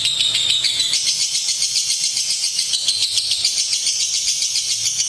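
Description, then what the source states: Lovebird chattering continuously in a harsh, high, fast-pulsed stream. Lutino lovebird giving the ngekek chattering call, used for training.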